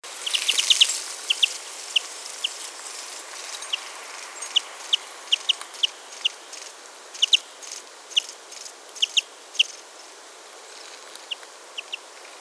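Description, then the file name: European greenfinch calling: sharp, high, clipped notes given singly or in quick pairs, irregularly spaced throughout, with a brief burst of noise at the start. "Chloris chloris"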